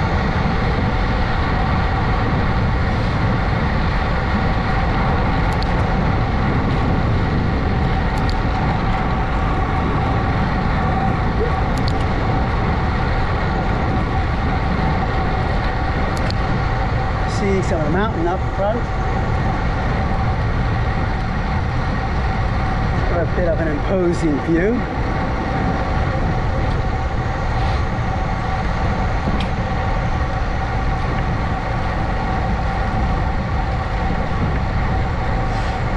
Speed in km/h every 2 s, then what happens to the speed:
42, 40, 39, 37, 35, 34, 32, 31, 29, 29, 29, 27, 27, 27, 27, 27, 27, 27.
0-16 slows to 29. 16-36 steady at about 27.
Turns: none.